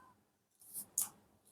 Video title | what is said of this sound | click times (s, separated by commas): Light Weight Cheap Tripod II Digitek Tripod DPTR-895 VD II Payload 5Kg Tripod I Best Tripod For DSLR | कहाँ पे lock नहीं हुआ है, हाँ हो गया। | 1.0 s